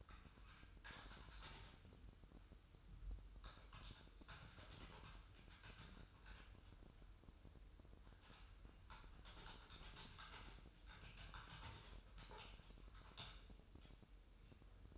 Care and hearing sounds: daily activity, microphone in the room; typing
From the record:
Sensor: 2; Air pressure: 988.6 hPa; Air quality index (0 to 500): 202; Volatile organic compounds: 265 ppm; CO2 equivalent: 4400 ppm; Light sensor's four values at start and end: 21/74/28/28 and 21/74/28/28

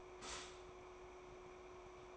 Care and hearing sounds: daily activity, microphone in the room; stop toaster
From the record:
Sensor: 1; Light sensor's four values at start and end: 3/8/3/3 and 3/8/3/3

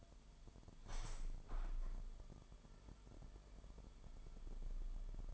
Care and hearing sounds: daily activity, microphone in the room; open window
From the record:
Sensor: 5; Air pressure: 998.6 hPa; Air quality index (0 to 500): 101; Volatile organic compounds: 2 ppm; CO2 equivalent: 1165 ppm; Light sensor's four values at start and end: 34/84/35/39 and 34/84/35/39

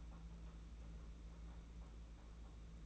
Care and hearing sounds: daily activity, microphone in the room; take from stove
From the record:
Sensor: 1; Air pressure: 991.9 hPa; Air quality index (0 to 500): 216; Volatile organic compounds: 1000 ppm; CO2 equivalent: 8406 ppm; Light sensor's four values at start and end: 23/78/30/30 and 23/78/30/30

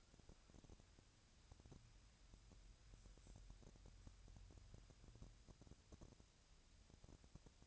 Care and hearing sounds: daily activity, microphone in the room; wipe stove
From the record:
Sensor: 2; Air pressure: 1000.4 hPa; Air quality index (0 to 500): 170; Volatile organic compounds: 3 ppm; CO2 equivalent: 1413 ppm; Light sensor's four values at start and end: 10/24/10/11 and 10/24/10/11

